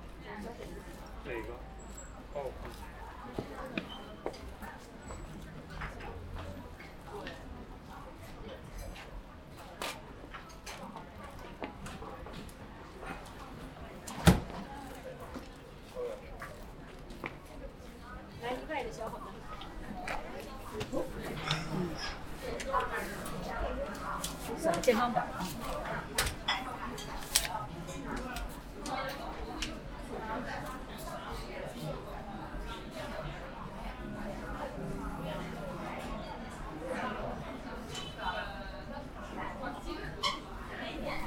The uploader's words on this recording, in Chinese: 去香饵胡同吃小面｜城市声音。下午。